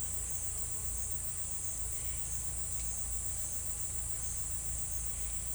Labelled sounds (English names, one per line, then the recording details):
none
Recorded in secondary vegetation near Puerto Asís, Putumayo, Colombia, on 18 December 2024 at 10:00
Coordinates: 0.481, -76.318
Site G042